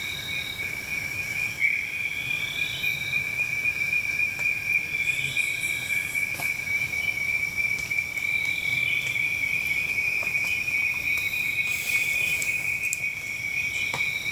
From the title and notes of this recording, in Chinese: 來旅遊-聽螢火蟲的夜晚(環境音)。今日沒有吵雜的人聲，。在飄著小雨，無月的夜晚，。